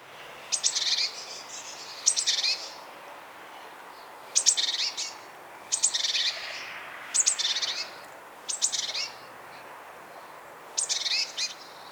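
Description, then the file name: Great tit calls: a run of rasping, buzzy churrs led by crisp ticking notes, given in irregular bursts about every one to two seconds. "Parus major"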